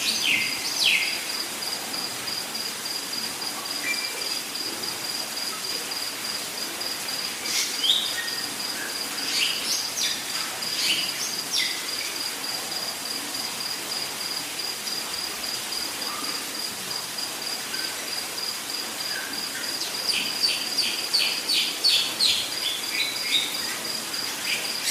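A rainforest ambience with a steady, high insect drone running through the whole recording, like crickets or cicadas. Scattered short chirps and trills from birds or insects break in now and then, clustering near 8 to 11 seconds and again after 20 seconds.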